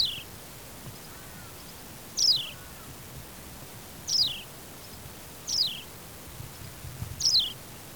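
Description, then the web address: Australian pipit giving five high downslurred call notes, spaced one to two seconds apart. "Anthus Australis"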